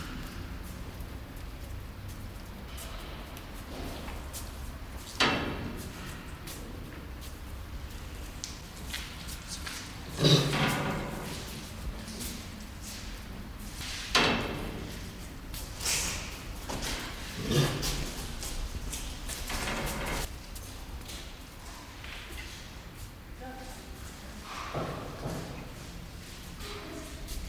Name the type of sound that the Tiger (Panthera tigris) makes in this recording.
snorting